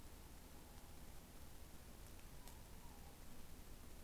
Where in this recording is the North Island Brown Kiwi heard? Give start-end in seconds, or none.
none